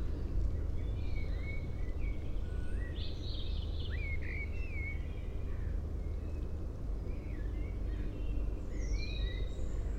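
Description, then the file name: Common blackbird singing fluty, warbled phrases with slurred rising and falling notes, some higher squeaky flourishes, over a constant low rumbling background noise. "Turdus merula"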